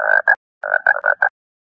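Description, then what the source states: Frog croaks: two croaks, a pause, then a quick run of four buzzy croaks, clean with no background sound. Stock phone ringtone, Mi Mix 2S.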